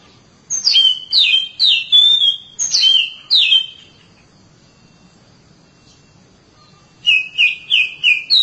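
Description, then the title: Oriental magpie-robin giving a series of clear, falling whistled phrases, a long silent pause, then another quick run of similar phrases. Long-duration song. "Kacer Durasi Panjang"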